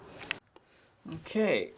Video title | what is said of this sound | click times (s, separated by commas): Window tilt latch replacement - non screw type | snapped back in | 0.3 s